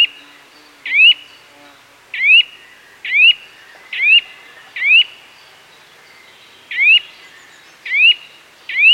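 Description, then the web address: Nuthatch: a run of loud, upslurred whistled calls, roughly one per second with a short pause midway. "Sound Effects-BBC. nuthatch calls with chiffchaff blackbird wren blue tit and chaffinch in distance"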